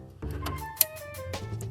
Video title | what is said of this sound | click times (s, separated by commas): How To Replace Timing Belt And Water Pump-Chrysler 300 | you want to hear that positive click everybody | 0.8 s